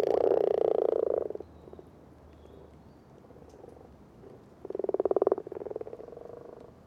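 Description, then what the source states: Frogs croaking in rapid pulsed bursts, a long loud run at the start, softer calls in the middle, then another strong pulsed chorus near the end. Recorded 17 February 2009.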